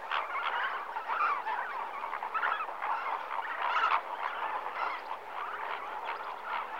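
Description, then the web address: Dense chorus of flamingo honks, goose-like nasal calls tumbling over one another, with a few louder strident notes breaking through. Flamingos in the morning at Lake Nakuru, Kenya, Africa. "The BBC Sound Effects Library. Flamingoes, morning Lake Nakuru"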